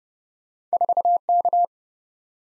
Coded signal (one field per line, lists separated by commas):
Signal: Morse code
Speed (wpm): 38 wpm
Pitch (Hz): 700 Hz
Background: none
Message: 4 K